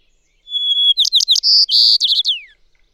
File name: White-crowned Sparrow